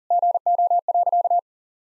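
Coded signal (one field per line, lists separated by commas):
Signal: Morse code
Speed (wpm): 40 wpm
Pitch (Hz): 700 Hz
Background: none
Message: GO.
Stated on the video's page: Morse code head-copy practice at 40 wpm, sentences built from the top 400 words and abbreviations, each sent twice.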